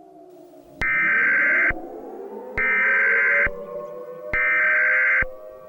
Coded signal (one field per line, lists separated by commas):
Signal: Emergency Alert System (SAME) tones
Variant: header bursts